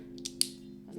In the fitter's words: really satisfying clicks and it locks in you can see it just kind of tucks away under there